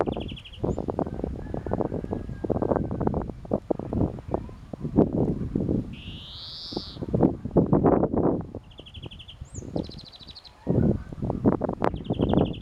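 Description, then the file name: European greenfinch calls: short buzzy trills repeated at intervals and one rising nasal wheeze, over strong gusty wind. "Chloris chloris"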